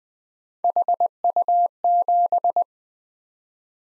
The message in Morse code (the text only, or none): HU7